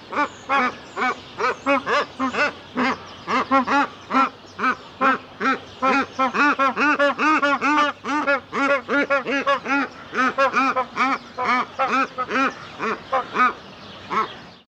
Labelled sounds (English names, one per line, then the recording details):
Magpie Goose
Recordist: Tembrock, Günter
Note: Duett eines Paares